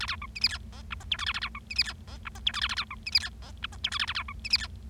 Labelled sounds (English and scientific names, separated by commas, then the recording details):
Bengalese Finch (Lonchura striata domestica) song
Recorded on 25 March 2012 at 19:14
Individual gy6or6